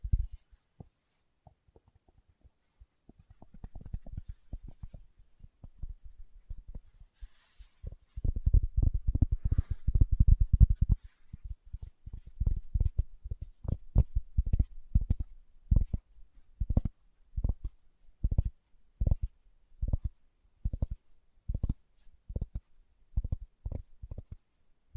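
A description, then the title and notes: Fingertips tap on a surface, giving short, soft, low thuds with little brightness. The tapping starts sparse and quiet, becomes a dense flurry around eight to eleven seconds, then settles into a steady, evenly spaced rhythm of single taps through the end. ASMR Tapping with Fingertips (No Talking).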